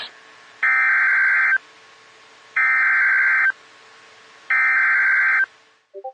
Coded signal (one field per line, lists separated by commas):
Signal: Emergency Alert System (SAME) tones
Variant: header bursts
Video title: Severe Thunderstorm Warning on KHB37 (EAS #173)